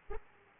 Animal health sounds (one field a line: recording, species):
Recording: mosquito wingbeat signal from an infrared sensor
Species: Aedes aegypti